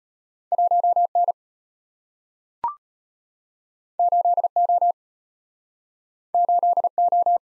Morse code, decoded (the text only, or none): 1N 8O 8O